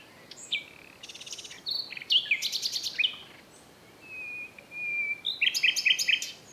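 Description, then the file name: Common nightingale song: a quick run of rattles and buzzy trills, a long pure whistle, then a rhythmic series of repeated chopped notes at the end. "Luscinia megarhynchos"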